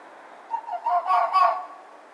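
Red fox barking: a quick series of harsh, throaty yaps rising out of a constant hissing background.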